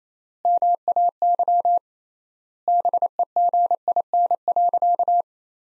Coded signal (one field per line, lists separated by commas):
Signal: Morse code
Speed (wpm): 28 wpm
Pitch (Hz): 700 Hz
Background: none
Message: MAY BEGIN.